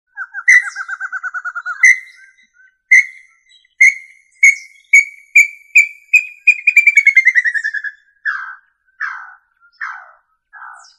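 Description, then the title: Tinamou whistles: a fast trill of notes, then a slow series of clear whistled notes that speeds into a falling run and ends in several hoarse, slurred whistles. "Familia Tinamidae - Quail - Puyuh"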